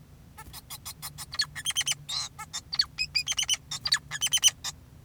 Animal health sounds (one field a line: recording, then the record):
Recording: song of a male Bengalese finch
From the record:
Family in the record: son of father 2, and himself father 4